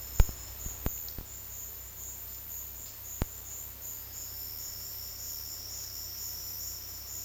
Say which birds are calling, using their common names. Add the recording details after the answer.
none. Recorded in dense forest near Puerto Asís, Putumayo, Colombia, on 18 February 2024 at 12:30. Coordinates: 0.485, -76.322. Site G6406